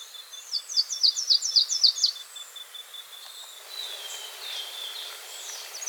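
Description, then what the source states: Slate-throated redstart song: a quick run of several high, sweet chirping notes over about two seconds, then fainter scattered chirps, with a steady high insect whine underneath. South America.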